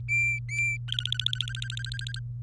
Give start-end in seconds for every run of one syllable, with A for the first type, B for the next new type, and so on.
0.00-0.77 A, 0.88-2.19 B